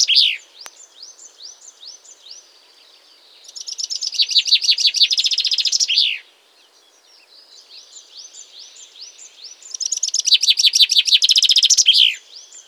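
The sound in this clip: Common chaffinch singing: two loud, rapid phrases of sharp notes, each about two and a half seconds long and ending in a falling flourish, separated by softer, repeated chirps.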